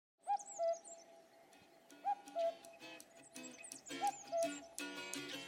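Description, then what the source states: Cuckoo call, a clear two-note falling cu-coo repeated about every two seconds, followed by loud clattering and knocking noises in the second half. Calling at night.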